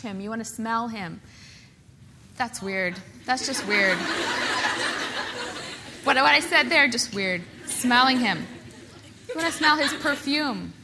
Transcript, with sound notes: you want to smell him. That’s weird. That’s just weird. (Laughter) What I said there... just weird... smelling him. You want to smell his perfume;